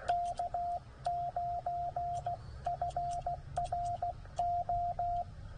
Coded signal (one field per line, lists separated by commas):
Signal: Morse code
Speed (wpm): 16 wpm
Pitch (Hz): 700 Hz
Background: radio noise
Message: K9FRO